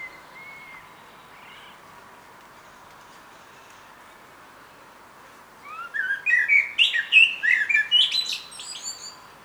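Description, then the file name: Common blackbird: several quiet seconds with a faint whistle, then a rapid rush of high, squeaky, twittering notes. "Turdus merula"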